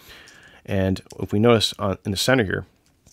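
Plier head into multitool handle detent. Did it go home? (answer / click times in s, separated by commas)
no / none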